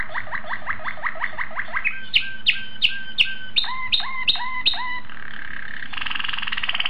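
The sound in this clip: Domestic canary song moves through several tours: a quick trill, then loud sweeping whistles, then downslurred notes, ending in a buzzy roll.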